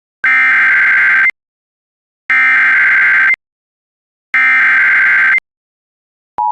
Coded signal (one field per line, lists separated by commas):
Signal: Emergency Alert System (SAME) tones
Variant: header bursts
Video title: [EAS] 6/28/25 Severe Thunderstorm Watch for Clearwater and Hubbard Counties